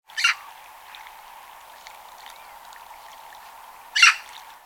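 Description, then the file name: Eurasian magpie giving two short, harsh, rasping calls about four seconds apart over a steady background hiss. "Pica pica"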